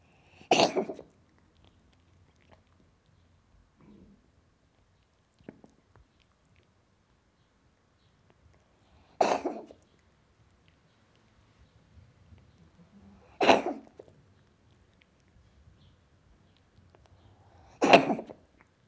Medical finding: Cat Coughing.